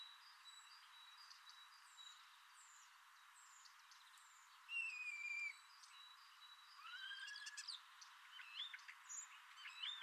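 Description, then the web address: Common starling song: quiet ticking and thin whistles, a loud falling slurred whistle midway, then rising whistles, wavering notes and clicks toward the end. "Deverinetal 2025. Bird Only"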